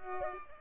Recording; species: mosquito wingbeat signal from an infrared sensor; Culex pipiens